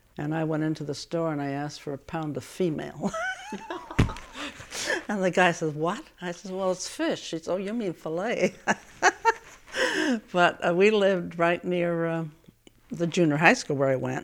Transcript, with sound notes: And I went into the store and asked for a pound of female. (they laugh) And the guy says, "What?" I says, "Well it's fish." He says, "Oh, you mean filet." (she laughs) But we lived right near the junior high school where I went.